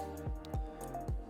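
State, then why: Not seated. A watch bracelet spring bar is being worked, with the other end of the bar going into the second adjustment hole of the metal clasp. Music plays throughout, with a few soft, brief ticks and handling sounds. Nothing has seated or clicked yet.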